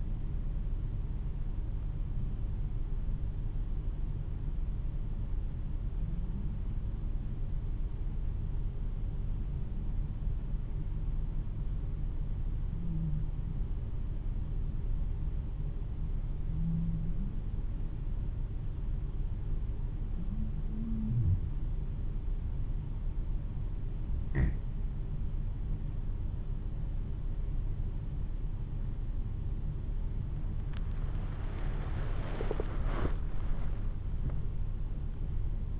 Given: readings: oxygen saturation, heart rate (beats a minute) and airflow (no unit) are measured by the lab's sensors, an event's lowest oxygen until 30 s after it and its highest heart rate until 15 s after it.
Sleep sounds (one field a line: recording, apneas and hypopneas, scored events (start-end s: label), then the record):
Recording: breathing in sleep by a smartphone at the bedside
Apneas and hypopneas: 1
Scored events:
9.00-24.10 s: hypopnea (N1, oxygen 93% highest, then 90% lowest, heart rate 55 at the start, 65 highest)
10.00-35.80 s: new sleep stage, N2 (light sleep)
From the record:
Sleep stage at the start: N1 (lightest sleep)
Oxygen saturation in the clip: 89 to 93%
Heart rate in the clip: 54 to 62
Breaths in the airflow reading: 10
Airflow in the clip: -4.9 to 3.5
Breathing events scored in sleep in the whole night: 388 in 6.5 hours asleep